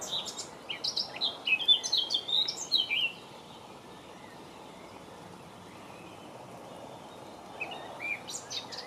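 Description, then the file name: Blackcap song: a short burst of chattering warble turning into bright, clear whistles for about three seconds, then a long pause of hiss before another brief warbled phrase. "طائر القبعة السوداء"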